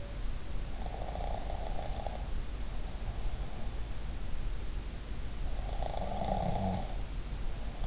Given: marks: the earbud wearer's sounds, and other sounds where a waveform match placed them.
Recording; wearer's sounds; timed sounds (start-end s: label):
sounds in sleep by an in-ear microphone; snoring breath
0.87-3.62 s: snoring breath
5.82-7.87 s: snoring breath